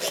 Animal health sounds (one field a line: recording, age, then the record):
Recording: pig call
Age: piglet (1 to 25 days)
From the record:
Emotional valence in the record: positive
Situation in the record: huddling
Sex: female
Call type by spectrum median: high-frequency call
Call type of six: high-frequency stable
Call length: 0.11 s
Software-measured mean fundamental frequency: 163 Hz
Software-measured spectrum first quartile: 1111 Hz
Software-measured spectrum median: 3244 Hz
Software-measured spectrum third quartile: 6491 Hz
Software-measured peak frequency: 564 Hz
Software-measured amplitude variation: 54 dB a second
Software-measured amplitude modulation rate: 13.5 a second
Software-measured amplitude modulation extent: 4.0 dB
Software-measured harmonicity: -1.1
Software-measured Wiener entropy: -1.11